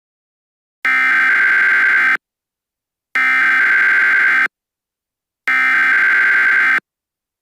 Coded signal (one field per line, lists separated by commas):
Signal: Emergency Alert System (SAME) tones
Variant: header bursts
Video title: A Yo-Kai's Worst Nightmare. EAS Scenario #2